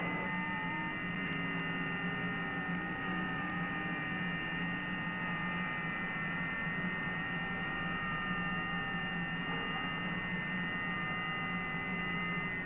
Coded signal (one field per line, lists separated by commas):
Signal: FT8